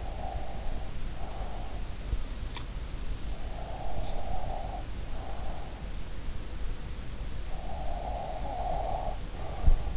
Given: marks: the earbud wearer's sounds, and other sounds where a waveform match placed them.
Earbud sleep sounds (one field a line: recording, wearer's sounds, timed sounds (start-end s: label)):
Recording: sounds in sleep by an in-ear microphone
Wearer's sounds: breath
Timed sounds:
0.00-1.87 s: breath
3.42-5.42 s: breath
7.88-9.62 s: breath